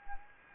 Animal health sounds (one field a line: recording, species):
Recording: mosquito wingbeat signal from an infrared sensor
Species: Anopheles gambiae